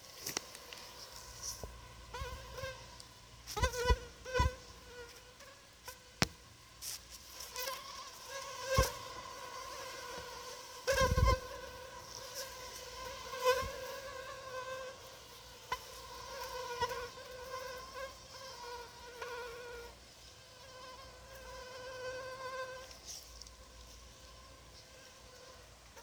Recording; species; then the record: mosquito flight sound by mobile phone; Anopheles arabiensis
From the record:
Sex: female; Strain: Rufisque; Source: CDC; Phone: Sony Xperia